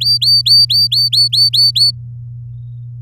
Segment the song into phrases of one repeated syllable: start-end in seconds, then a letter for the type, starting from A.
0.01-1.91 A